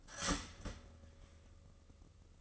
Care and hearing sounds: daily activity, microphone in the room; start toaster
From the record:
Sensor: 4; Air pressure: 996.0 hPa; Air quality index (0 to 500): 67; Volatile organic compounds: 2 ppm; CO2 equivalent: 1221 ppm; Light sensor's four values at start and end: 10/22/9/10 and 10/23/9/10

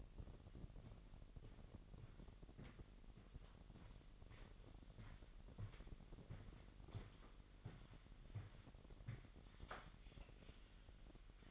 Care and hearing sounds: daily activity, microphone in the room; walk to room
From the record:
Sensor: 4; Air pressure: 1013.0 hPa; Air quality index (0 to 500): 240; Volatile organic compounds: 4 ppm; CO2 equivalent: 1596 ppm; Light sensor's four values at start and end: 26/64/26/26 and 33/78/32/31

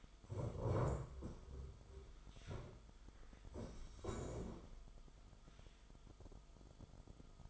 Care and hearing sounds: daily activity, microphone in the room; stand up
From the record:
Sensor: 5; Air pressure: 1005.5 hPa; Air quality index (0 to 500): 104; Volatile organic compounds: 2 ppm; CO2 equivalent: 1280 ppm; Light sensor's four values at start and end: 34/78/31/30 and 34/78/31/30

